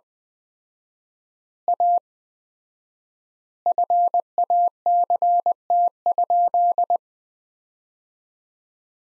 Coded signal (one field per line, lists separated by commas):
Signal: Morse code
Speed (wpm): 21 wpm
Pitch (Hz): 700 Hz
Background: none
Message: A FACT?